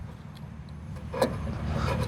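On a 4th-generation 2009–2018 RAM truck, the release tab on the lower tail light wiring harness connector is pressed and the plug is pulled out of its mating plug. Over a low steady rumble, a faint tick comes at 0.4 s, then a sharper click at 1.2 s as the connector halves separate. The connector comes unlatched and pulled apart.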